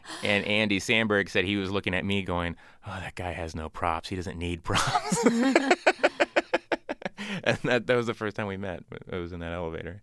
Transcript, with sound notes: And Andy Samberg said he was looking at me going, oh, that guy has no props. He doesn't need props. (Laughter). And that was the first time we met. It was in that elevator.